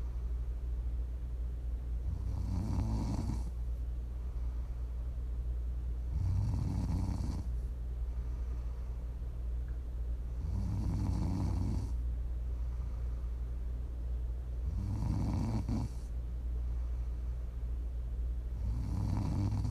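An adult woman snoring during sleep: regular, low-pitched snores recurring about every four seconds, with quiet breathing between them, offered as ASMR snoring for relaxing or falling asleep.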